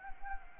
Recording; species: mosquito wingbeat signal from an infrared sensor; Anopheles gambiae